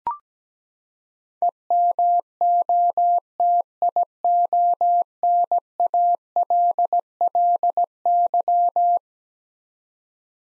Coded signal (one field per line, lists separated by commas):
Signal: Morse code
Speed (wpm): 17 wpm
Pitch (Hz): 700 Hz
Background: none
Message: EMOTIONALLY